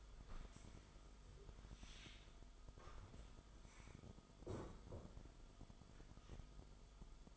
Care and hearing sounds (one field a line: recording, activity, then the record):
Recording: daily activity, microphone in the room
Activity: stand up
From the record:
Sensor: 5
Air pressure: 1005.1 hPa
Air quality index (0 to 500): 107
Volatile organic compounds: 2 ppm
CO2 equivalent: 1311 ppm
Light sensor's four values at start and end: 34/79/32/30 and 34/79/32/30